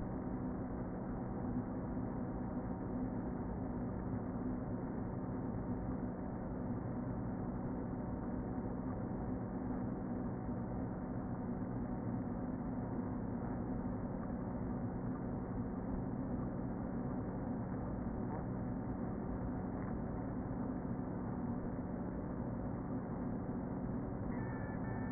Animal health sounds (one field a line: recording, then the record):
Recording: honeybee colony, microphone inside the hive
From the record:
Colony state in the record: queen present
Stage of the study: before two queens were removed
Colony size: about 60,000 bees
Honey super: yes